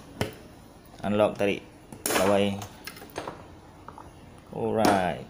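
A Yamaha LC 135 motorcycle seat lock is unlocked without the key by pulling its release wire, during a second lock-and-unlock cycle. A single sharp click is heard at 0.2 s as the lock releases, and someone talks afterward.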